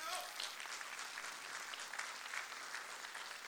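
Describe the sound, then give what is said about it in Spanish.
Steady audience applause inviting the group Charrangueando en familia to the main stage of the Teatro Palermo, a dense wash of many hands clapping at a fairly even level for the whole stretch, with no clear individual claps standing out. “Así que ojalá que les vaya muy bien, chiquillos, y los voy a invitar a este escenario con el aplauso de ustedes.”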